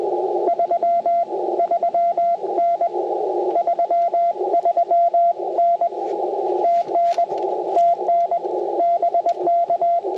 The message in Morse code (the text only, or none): 33N 33N TN TN BK